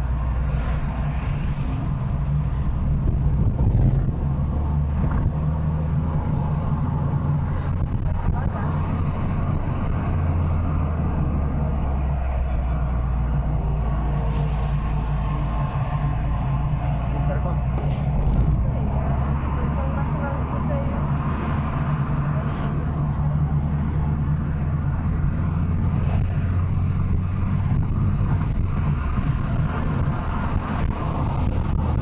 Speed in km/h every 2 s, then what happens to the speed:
56, 61, 73, 78, 77, 64, 58, 50, 57, 65, 69, 70, 74, 85, 90, 91.
0-7 speeds up to 78. 7-14 brakes to 50. 14-27 speeds up to 90.